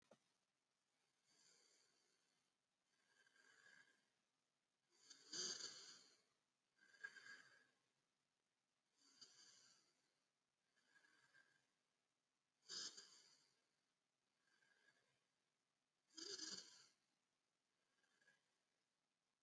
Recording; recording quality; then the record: deep breathing; excellent, no background noise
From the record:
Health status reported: respiratory illness, not identified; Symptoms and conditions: cold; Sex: male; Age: 18 years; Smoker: not ticked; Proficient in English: yes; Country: India